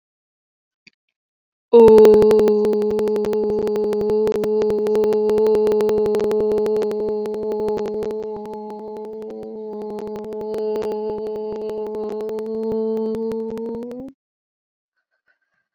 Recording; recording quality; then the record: sustained vowel as in boot; moderate, slight background noise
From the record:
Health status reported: healthy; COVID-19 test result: negative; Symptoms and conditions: none ticked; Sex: female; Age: 21 years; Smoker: not ticked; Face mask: worn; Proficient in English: yes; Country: India